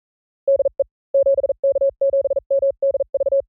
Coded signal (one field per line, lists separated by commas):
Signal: Morse code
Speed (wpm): 42 wpm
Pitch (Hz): 550 Hz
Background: none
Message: DE 7K7MDV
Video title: Morse CW Training JP Random Callsign Speed from 35 to 45 WPM 300 Calls Sampling Rate 44100